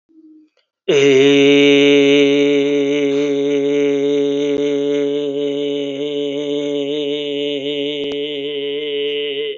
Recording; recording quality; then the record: sustained vowel as in made; excellent, no background noise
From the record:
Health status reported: healthy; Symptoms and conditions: diabetes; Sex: male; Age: 55 years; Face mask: not worn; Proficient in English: yes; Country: India